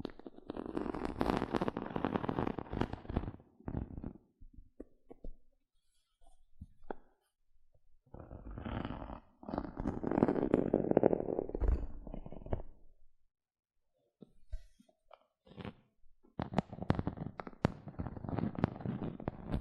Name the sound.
Tingly Gentle Scratching Sounds